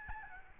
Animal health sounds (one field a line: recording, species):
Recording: mosquito wingbeat signal from an infrared sensor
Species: Aedes albopictus